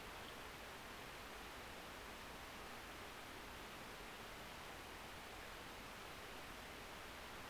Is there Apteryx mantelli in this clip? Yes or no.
no